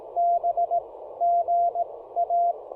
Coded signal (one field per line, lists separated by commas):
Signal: Morse code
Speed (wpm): 18 wpm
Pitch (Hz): 690 Hz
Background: none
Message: B G A